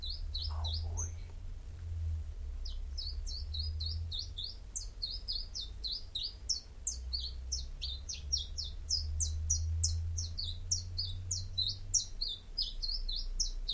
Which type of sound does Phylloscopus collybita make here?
song